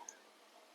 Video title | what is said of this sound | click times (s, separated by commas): สว่าน ไขควงไร้สาย หัวจับดอก 2 แบบ มัลติฟังก์ชั่น (Yofidra) 3 in1 Motor Brushless | มันก็คือหมุนให้สุดแล้วมันจะดังคลิกอมันคือมันล็อคละมันมีระบบระบบ | 0.1 s